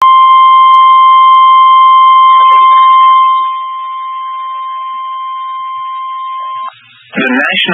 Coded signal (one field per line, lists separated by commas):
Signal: Emergency Alert System (SAME) tones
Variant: 1050 Hz attention tone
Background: speech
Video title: Tornado Confirmed Near Saint Louis EAS #13